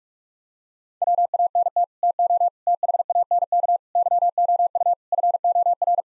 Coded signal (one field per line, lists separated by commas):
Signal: Morse code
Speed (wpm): 47 wpm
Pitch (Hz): 700 Hz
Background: none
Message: WANT TO THANK YOU FOR